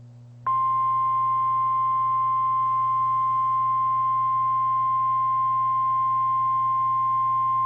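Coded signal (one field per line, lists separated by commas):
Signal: Emergency Alert System (SAME) tones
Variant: 1050 Hz attention tone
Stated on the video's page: Tornado warning from Dallas area National Weather Service.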